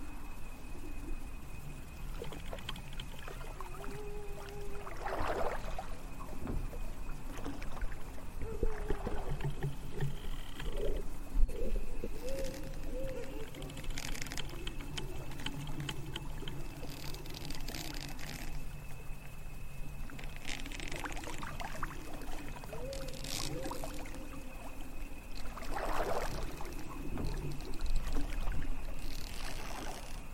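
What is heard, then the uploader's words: Water laps softly and steadily around a rowing boat at night, with swishing bursts from the oars around 5, 9, 18 and 26 seconds. Low wooden creaks and groans drift through, and a thin steady tone hums faintly in the background. Rowing boat to the village at night | calming lapping water | creaking trees.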